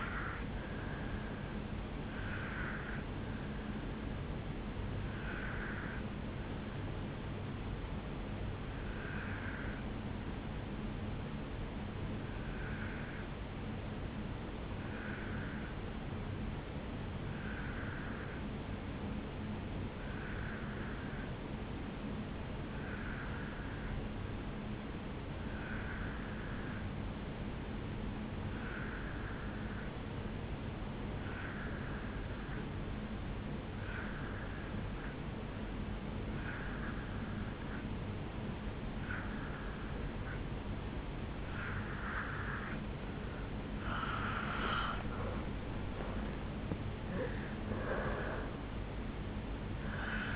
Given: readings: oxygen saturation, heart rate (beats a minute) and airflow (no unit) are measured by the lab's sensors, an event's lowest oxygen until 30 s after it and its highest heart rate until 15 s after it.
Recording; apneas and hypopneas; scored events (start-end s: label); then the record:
breathing in sleep by a voice recorder at the bedside; 1
5.00-45.40 s: obstructive apnea (N2, oxygen 96% highest, then 84% lowest, heart rate 61 at the start, 76 highest)
From the record:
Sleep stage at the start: N2 (light sleep); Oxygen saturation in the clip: 83 to 96%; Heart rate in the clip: 53 to 76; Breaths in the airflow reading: 3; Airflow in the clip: -12.2 to 8.1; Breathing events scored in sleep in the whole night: 449 in 7.0 hours asleep